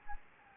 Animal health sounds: mosquito wingbeat signal from an infrared sensor; Anopheles gambiae

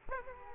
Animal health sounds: mosquito wingbeat signal from an infrared sensor; Aedes aegypti

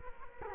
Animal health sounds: mosquito wingbeat signal from an infrared sensor; Culex quinquefasciatus

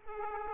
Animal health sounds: mosquito wingbeat signal from an infrared sensor; Aedes aegypti

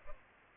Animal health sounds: mosquito wingbeat signal from an infrared sensor; Culex pipiens

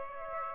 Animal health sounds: mosquito wingbeat signal from an infrared sensor; Aedes aegypti

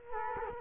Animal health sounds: mosquito wingbeat signal from an infrared sensor; Culex quinquefasciatus

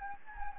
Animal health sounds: mosquito wingbeat signal from an infrared sensor; Anopheles gambiae

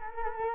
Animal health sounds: mosquito wingbeat signal from an infrared sensor; Culex quinquefasciatus

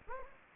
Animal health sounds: mosquito wingbeat signal from an infrared sensor; Anopheles gambiae

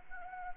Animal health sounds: mosquito wingbeat signal from an infrared sensor; Anopheles arabiensis

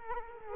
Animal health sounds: mosquito wingbeat signal from an infrared sensor; Culex quinquefasciatus

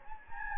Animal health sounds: mosquito wingbeat signal from an infrared sensor; Anopheles gambiae

